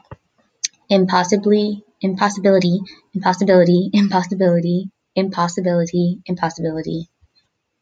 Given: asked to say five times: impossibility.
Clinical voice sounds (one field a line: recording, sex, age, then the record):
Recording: repeated word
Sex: female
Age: 20 to 29 years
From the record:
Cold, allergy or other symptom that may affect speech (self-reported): no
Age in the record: 22 years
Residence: Pennsylvania, United States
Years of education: 12